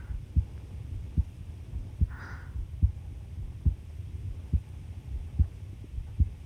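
Heart sounds: a steady, low thumping heartbeat at about 72 beats per minute.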